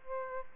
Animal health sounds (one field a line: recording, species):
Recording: mosquito wingbeat signal from an infrared sensor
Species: Aedes aegypti